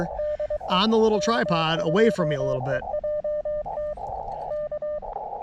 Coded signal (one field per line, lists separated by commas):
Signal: Morse code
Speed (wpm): 24 wpm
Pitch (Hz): 600 Hz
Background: speech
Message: DE K2EJT K